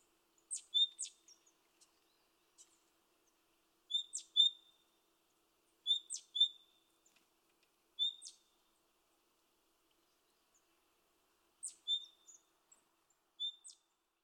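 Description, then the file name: Great tit calls: short, clear high note pairs with quick downstrokes, separated by pauses of a few seconds across a quiet background. "Parus major"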